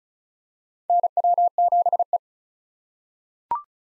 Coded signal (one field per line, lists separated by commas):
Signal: Morse code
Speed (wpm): 34 wpm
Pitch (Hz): 700 Hz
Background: none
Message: NW7E